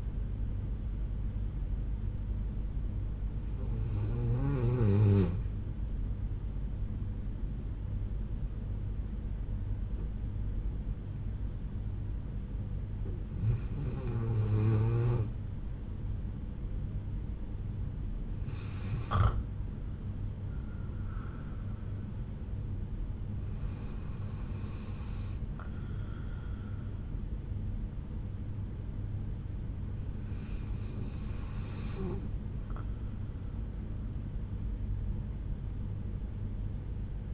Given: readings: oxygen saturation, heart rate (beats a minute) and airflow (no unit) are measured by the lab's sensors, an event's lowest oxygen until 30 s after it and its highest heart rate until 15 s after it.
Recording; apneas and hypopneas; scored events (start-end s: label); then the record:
breathing in sleep by a smartphone at the bedside; 1
5.00-19.50 s: hypopnea (N2, oxygen 92% highest, then 88% lowest, heart rate 69 at the start, 75 highest)
From the record:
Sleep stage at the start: N2 (light sleep); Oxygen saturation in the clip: 88 to 93%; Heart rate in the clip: 63 to 75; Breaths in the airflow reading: 6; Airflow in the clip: -6.5 to 7.2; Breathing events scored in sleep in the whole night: 368 in 8.0 hours asleep